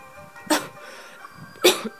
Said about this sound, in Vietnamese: Ta giật mình, thấy người bên trong bắt đầu ho dữ dội.